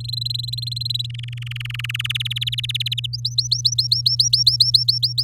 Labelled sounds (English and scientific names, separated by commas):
Domestic Canary (Serinus canaria) song